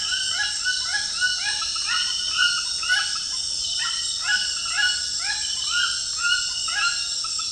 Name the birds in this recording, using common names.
White-throated Toucan